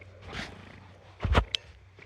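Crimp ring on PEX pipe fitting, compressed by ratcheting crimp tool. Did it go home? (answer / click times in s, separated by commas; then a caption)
yes / 1.6 s. A ratcheting crimp tool is squeezed on a crimp ring on a PEX pipe fitting. Soft rasping strokes build to a louder burst around 1.3 s. At 1.6 s the tool reaches the end of its stroke and automatically releases with a sharp click, completing the crimp.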